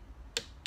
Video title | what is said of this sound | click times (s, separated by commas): Warp Drive blade torque | and I hear the click, and that means it's reached | 0.4 s